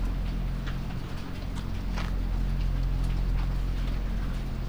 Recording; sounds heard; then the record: poultry house recording; sick chickens (respiratory disease)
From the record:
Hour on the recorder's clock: 1